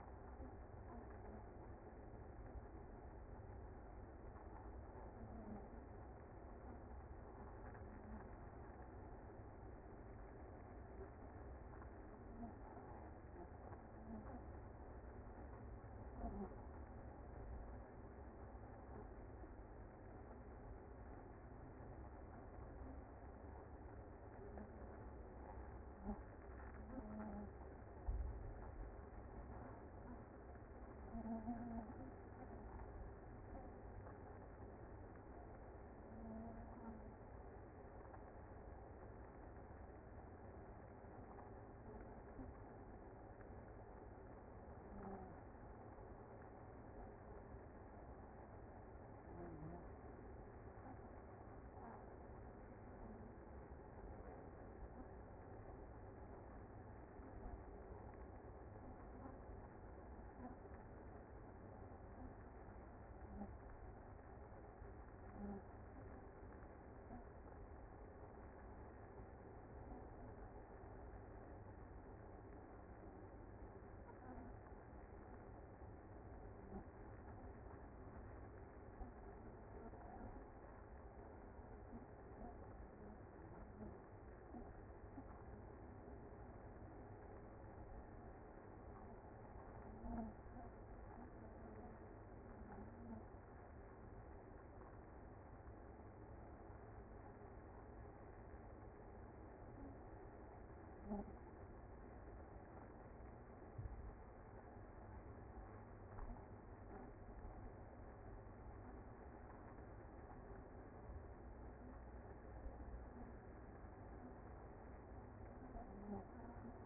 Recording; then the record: honeybee colony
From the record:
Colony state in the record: active